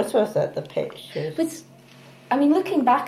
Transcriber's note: none